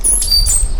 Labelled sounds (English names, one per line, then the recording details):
Stitchbird song
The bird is a male
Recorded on Tiritiri Matangi Island, New Zealand, in 2005
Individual 1, of nest box 1